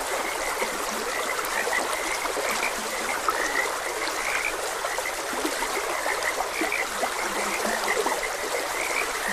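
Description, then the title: Frog chorus of quick croaking notes at irregular intervals, with a steady stream flowing underneath. Frogs croaking beside a gentle stream. "Gentle Stream and Frogs Croaking"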